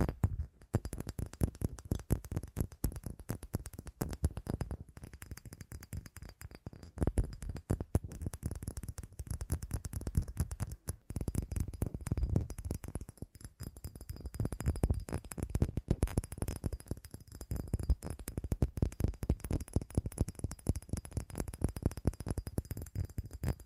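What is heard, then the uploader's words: Fast tapping runs without pause for the whole stretch, a dense, slightly uneven stream of quick dull knocks with a heavy low thud to each. The pace and loudness barely change, and a faint, thin, high whine sits steadily underneath. ASMR 1 Hour Fast Tapping for Sleep (No Talking).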